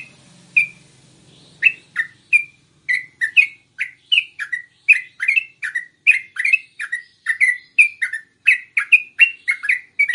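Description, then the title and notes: Yellow-vented bulbul song: a faint low hum at first, then a single chirp followed by a steady series of sharp, downslurred notes. Tutor (masteran) recording of 'tembakan' and 'ropel' song styles, used for training songbirds. "MASTERAN Trucukan Tembakan Dan Ropel. BURUNG TRUCUKAN"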